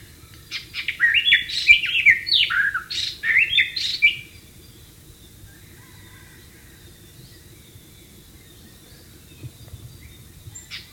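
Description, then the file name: White-rumped shama delivering a short energetic burst of varied whistled and slurred notes in the first four seconds, followed by near silence with a soft hum. "suara burung murai batu di alam liar"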